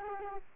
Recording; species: mosquito wingbeat signal from an infrared sensor; Aedes aegypti